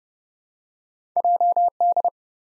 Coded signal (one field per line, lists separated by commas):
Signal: Morse code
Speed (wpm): 30 wpm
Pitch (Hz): 700 Hz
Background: none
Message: JD